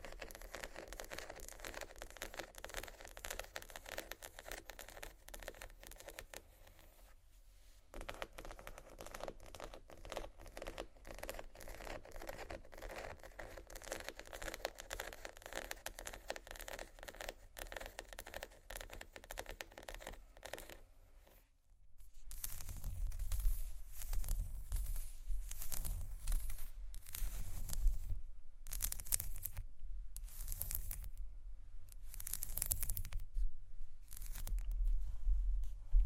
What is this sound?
tapping, water, scratching, glass, bamboo